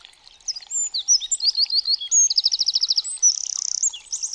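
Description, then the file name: Eurasian wren song, a loud, rapid, high-pitched outpouring of sharp notes and fast rattling trills, ending in a buzzy chattering trill and a final quick flourish. "STRZYZYK"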